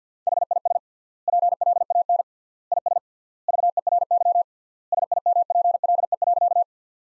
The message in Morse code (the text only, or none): HIS PLAN IS VERY SIMPLE.